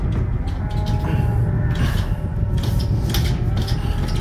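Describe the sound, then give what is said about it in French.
A heavy, stuck double door is shaken and rattled against its latch, giving a series of dull metallic clanks and thumps over a steady low rumbling background, with no voices. “La porte est coincée.”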